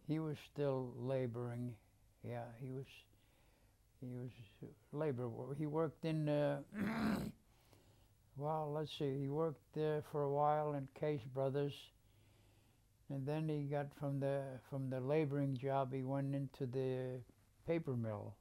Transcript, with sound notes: He was still laboring. Yeah, he was — he was labor work. He worked in. [clears throat] Well, let's see, he worked there for awhile in Case Brothers and then he got from the — from the laboring job he went into the paper mill.